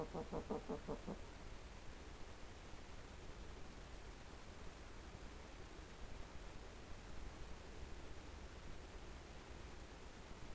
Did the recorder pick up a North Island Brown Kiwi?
no